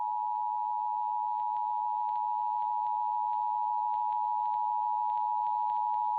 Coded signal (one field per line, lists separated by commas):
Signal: Emergency Alert System (SAME) tones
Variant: 853 and 960 Hz attention tone